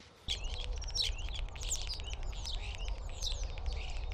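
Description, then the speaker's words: Common starling song, a dense jumble of whistles, rising slurs and clicks with rapid scratchy notes, over a low steady rumble. Spring song recorded from very close near a nest box, early March, in a park in Gdańsk, Poland; includes various imitations. "Więc posłuchajcie szpaka na wiosnę, jak śpiewa."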